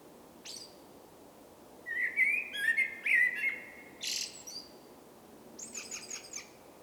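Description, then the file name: Common blackbird song: a few mellow fluted whistles near the middle, followed by higher squeaky twittering phrases, with pauses between. "Turdus merula"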